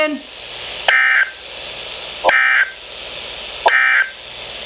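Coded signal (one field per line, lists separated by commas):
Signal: Emergency Alert System (SAME) tones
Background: speech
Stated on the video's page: Flash Flood Warning received on NOAA Weather Radio and an iPhone.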